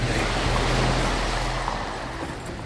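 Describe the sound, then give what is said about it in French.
Surf washes onto a beach in a steady, broad roar of rushing water, with no clear pauses between waves and a low rumble underneath, in cold weather as men carry boats on their shoulders through the waves toward a submarine. “Les hommes se déshabillent, bravent les vagues et la fraîcheur de l'eau, portent les canots sur leurs épaules, puis après des heures d'efforts, atteignent la porte du sous-marin.”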